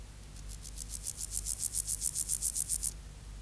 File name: Chorthippus parallelus